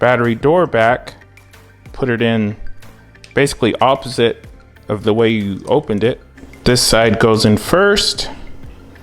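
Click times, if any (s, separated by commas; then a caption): none. Someone talks while fitting the plastic battery door back into a Tesla Model S key fob, inserting it edge first, with a few small handling clicks and music in the background. Nothing has seated or clicked in yet when the clip ends.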